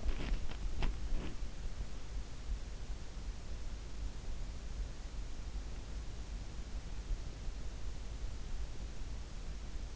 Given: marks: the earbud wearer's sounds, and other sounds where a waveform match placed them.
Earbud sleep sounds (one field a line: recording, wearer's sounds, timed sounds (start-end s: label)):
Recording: sounds in sleep by an in-ear microphone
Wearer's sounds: body movement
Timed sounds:
0.00-1.36 s: body movement